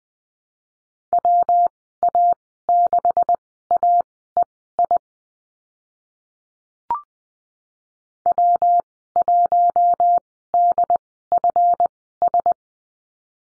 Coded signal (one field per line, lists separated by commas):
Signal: Morse code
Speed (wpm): 20 wpm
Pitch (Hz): 700 Hz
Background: none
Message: WA6AEI W1DFS